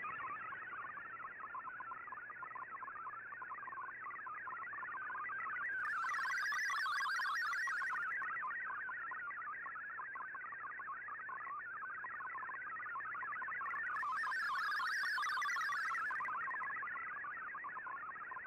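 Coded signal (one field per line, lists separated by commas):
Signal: multi-tone FSK (Olivia or MFSK type)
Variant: MFSK32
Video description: Here is my decode of the Shortwave Radiogram broadcast today on 15770Khz shortwave radio at 1330UTC in MFSK32 and 64 with 10 SSTV images.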